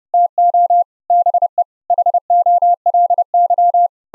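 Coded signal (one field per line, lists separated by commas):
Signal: Morse code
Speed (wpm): 31 wpm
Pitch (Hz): 700 Hz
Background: none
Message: TO BE HOLY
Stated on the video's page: Morse audio sent live over the internet using FFMPEG with the Opus codec, low-delay mode, 4 kHz cutoff.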